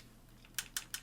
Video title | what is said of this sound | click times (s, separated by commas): Monthly Bot Hauls 2022 #05 May | it doesn't actually lock in. It only sort of holds at the top. | 0.6 s, 0.8 s, 0.9 s